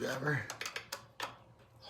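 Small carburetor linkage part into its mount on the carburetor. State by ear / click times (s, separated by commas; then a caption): seated / 0.8 s, 0.9 s. A small carburetor linkage part is held with a screwdriver and pressed into its mount on one of the dual carburetors of a 1983 XR500 motorcycle during reassembly. Someone talks at the start, then a few small taps are heard before short, sharp clicks at 0.8 s and 0.9 s. The part snaps into place and is seated.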